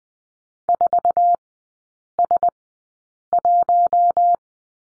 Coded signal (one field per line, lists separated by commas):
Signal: Morse code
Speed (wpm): 20 wpm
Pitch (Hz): 700 Hz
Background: none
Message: 4S1